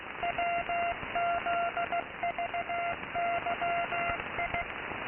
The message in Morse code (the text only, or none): WZVYI